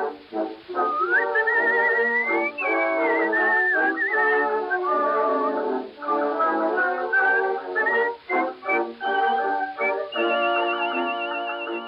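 Skilled, ornate whistling carries a lively tune over a band accompaniment, the bright whistled line sliding and trilling high above steady chords, with the boxy, band-limited sound of an old recording.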